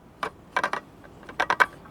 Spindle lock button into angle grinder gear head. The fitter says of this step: there you go it did The Click now it's lower and now it's not going to to spin